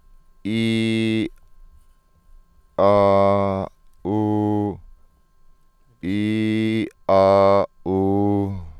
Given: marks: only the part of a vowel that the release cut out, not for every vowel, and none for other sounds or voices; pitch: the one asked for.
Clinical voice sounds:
sustained vowels; male; 40 to 49 years; 0; 0; 0
0.49-1.20 s: vowel /i/, low pitch
2.90-3.45 s: vowel /a/, low pitch
6.06-6.80 s: vowel /i/, low-high-low pitch
7.91-8.42 s: vowel /u/, low pitch
From the record:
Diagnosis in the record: healthy voice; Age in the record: 44 years

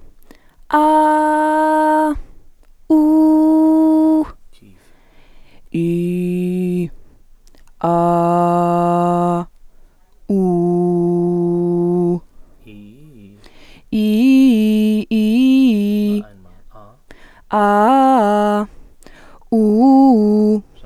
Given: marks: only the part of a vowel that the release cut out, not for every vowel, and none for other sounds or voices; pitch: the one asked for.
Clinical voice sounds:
sustained vowels; female; 20 to 29 years; 0; 0; 0
0.79-2.04 s: vowel /a/, high pitch
2.96-4.16 s: vowel /u/, high pitch
5.81-6.79 s: vowel /i/, low pitch
7.92-9.31 s: vowel /a/, low pitch
10.70-12.08 s: vowel /u/, low pitch
13.99-14.97 s: vowel /i/, low-high-low pitch
17.59-18.56 s: vowel /a/, low-high-low pitch
19.57-20.51 s: vowel /u/, low-high-low pitch
From the record:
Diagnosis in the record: healthy voice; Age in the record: 26 years

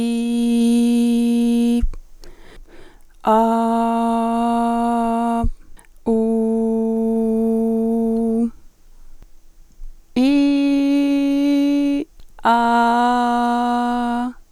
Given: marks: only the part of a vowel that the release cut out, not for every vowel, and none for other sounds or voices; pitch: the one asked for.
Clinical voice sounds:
sustained vowels; female; 20 to 29 years; 1; 0; 1
0.00-1.68 s: vowel /i/, normal pitch
3.53-5.30 s: vowel /a/, normal pitch
6.25-8.33 s: vowel /u/, normal pitch
10.34-11.82 s: vowel /i/, high pitch
12.66-14.13 s: vowel /a/, high pitch
From the record:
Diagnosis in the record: healthy voice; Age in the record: 25 years

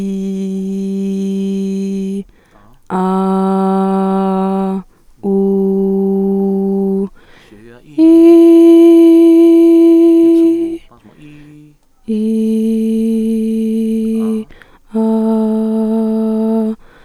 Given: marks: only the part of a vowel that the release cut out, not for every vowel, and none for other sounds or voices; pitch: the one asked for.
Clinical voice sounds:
sustained vowels; female; 18 to 19 years; 1; 1; 0
0.00-1.99 s: vowel /i/, normal pitch
2.98-4.70 s: vowel /a/, normal pitch
5.31-6.97 s: vowel /u/, normal pitch
12.20-14.20 s: vowel /i/, high pitch
14.98-16.61 s: vowel /a/, high pitch
From the record:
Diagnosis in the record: healthy voice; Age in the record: 19 years

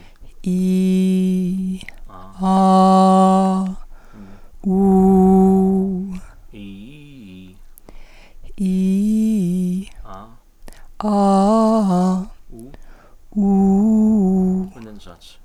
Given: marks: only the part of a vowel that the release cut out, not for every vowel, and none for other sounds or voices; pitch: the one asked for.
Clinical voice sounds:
sustained vowels; female; 30 to 39 years; 1; 1; 1
0.52-1.42 s: vowel /i/, low pitch
2.51-3.59 s: vowel /a/, low pitch
4.75-5.79 s: vowel /u/, low pitch
8.71-9.74 s: vowel /i/, low-high-low pitch
11.13-12.13 s: vowel /a/, low-high-low pitch
13.44-14.59 s: vowel /u/, low-high-low pitch
From the record:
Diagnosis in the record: psychogenic dysphonia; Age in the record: 39 years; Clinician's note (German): Phonasthenie

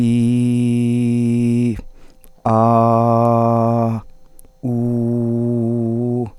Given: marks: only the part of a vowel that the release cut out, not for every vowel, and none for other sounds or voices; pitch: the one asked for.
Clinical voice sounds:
sustained vowels; male; 30 to 39 years; 0; 0; 0
0.00-1.60 s: vowel /i/, normal pitch
2.55-3.82 s: vowel /a/, normal pitch
4.75-6.14 s: vowel /u/, normal pitch
From the record:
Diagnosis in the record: healthy voice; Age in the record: 34 years

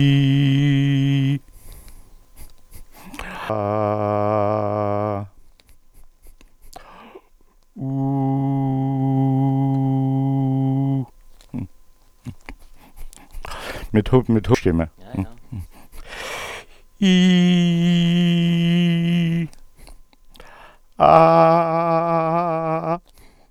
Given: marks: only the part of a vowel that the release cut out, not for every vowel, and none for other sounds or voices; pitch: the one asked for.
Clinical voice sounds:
sustained vowels; male; 60 to 69 years; 2; 2; 0
0.00-1.31 s: vowel /i/, normal pitch
3.58-5.11 s: vowel /a/, normal pitch
10.17-10.95 s: vowel /u/, normal pitch
17.95-19.25 s: vowel /i/, high pitch
21.21-22.70 s: vowel /a/, high pitch
From the record:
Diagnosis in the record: dysphonia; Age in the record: 69 years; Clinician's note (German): Vokalische Dysfunktion mit Seufzer; spasmodische Komponente?

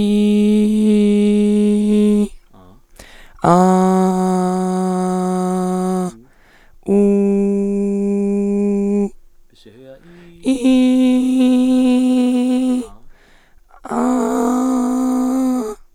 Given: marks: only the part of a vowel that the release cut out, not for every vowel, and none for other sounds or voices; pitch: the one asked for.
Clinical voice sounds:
sustained vowels; female; 30 to 39 years; 2; 0; 2
0.00-1.36 s: vowel /i/, normal pitch
4.12-5.97 s: vowel /a/, normal pitch
7.05-8.89 s: vowel /u/, normal pitch
10.78-12.66 s: vowel /i/, high pitch
14.06-15.50 s: vowel /a/, high pitch
From the record:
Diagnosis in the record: hyperfunctional dysphonia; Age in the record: 35 years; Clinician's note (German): Mit beginnender Phonationsverdickung; 1. Aufnahme prä Therapie

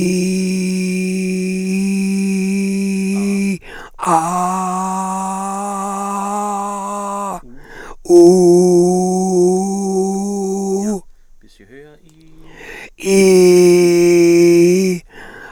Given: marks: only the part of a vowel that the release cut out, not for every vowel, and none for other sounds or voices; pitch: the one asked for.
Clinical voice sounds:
sustained vowels; male; 60 to 69 years; 3; 1; 3
0.00-1.65 s: vowel /i/, normal pitch
4.65-6.62 s: vowel /a/, normal pitch
8.58-10.52 s: vowel /u/, normal pitch
13.31-14.77 s: vowel /i/, high pitch
From the record:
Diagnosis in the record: frontolateral partial laryngectomy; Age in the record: 67 years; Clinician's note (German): Zustand danach

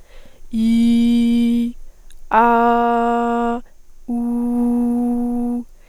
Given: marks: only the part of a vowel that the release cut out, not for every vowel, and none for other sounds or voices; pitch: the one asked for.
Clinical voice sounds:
sustained vowels; female; 20 to 29 years; 0; 0; 0
0.70-1.55 s: vowel /i/, low pitch
2.47-3.49 s: vowel /a/, low pitch
4.19-5.50 s: vowel /u/, low pitch
From the record:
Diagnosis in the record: healthy voice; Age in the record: 20 years

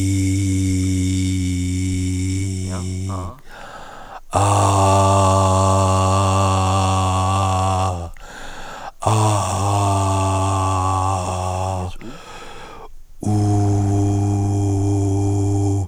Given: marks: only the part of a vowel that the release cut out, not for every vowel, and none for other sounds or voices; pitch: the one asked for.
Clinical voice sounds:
sustained vowels; male; 40 to 49 years; 3; 2; 3
0.00-2.00 s: vowel /i/, normal pitch
4.54-6.54 s: vowel /a/, normal pitch
13.58-15.58 s: vowel /u/, normal pitch
From the record:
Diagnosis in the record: recurrent laryngeal nerve paralysis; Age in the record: 47 years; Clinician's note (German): Frische links in Intermediärstellung, starke Verhauchung; keine stroboskopische Restbeweglichkeit; kein hyperfunktioneller Kompensationsversuch

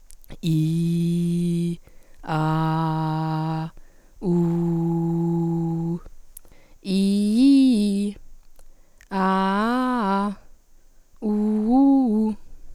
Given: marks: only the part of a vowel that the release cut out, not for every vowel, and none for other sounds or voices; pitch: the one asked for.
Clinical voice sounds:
sustained vowels; female; 18 to 19 years; 0; 0; 0
0.54-1.66 s: vowel /i/, low pitch
2.37-3.58 s: vowel /a/, low pitch
4.33-5.88 s: vowel /u/, low pitch
6.95-8.02 s: vowel /i/, low-high-low pitch
9.21-10.20 s: vowel /a/, low-high-low pitch
11.30-12.23 s: vowel /u/, low-high-low pitch
From the record:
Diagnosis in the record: healthy voice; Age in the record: 19 years

